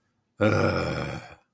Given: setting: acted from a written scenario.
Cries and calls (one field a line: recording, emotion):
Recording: vocal sound without words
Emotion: contempt